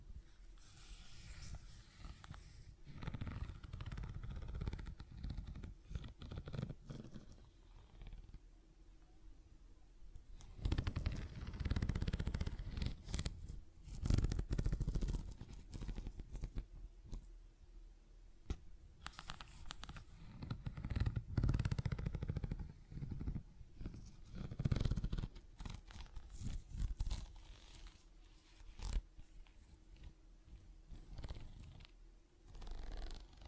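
ASMR tapping and scratching sounds, made of dense clusters of quick taps and rough scrapes with a heavy low thump underneath. Louder, busier stretches come around ten to fifteen seconds and again near twenty to twenty-six seconds, separated by quieter, sparser passages.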